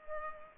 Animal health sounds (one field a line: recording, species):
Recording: mosquito wingbeat signal from an infrared sensor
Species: Culex pipiens